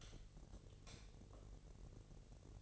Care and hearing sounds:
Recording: daily activity, microphone in the room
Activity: light off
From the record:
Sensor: 4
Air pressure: 1012.7 hPa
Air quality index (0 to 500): 250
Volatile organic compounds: 4 ppm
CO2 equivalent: 1664 ppm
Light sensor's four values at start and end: 16/39/15/16 and 14/32/13/13

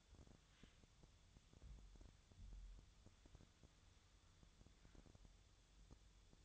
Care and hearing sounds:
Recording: daily activity, microphone in the room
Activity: wipe stove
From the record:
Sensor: 3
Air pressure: 1004.8 hPa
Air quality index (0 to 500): 75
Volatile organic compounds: 2 ppm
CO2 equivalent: 1127 ppm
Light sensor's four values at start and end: 8/19/8/7 and 8/19/8/7

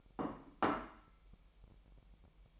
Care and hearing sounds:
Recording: daily activity, microphone in the room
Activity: place plate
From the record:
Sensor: 1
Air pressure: 1002.0 hPa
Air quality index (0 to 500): 243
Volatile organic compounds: 48 ppm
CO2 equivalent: 3263 ppm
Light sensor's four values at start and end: 8/28/10/11 and 8/28/10/11

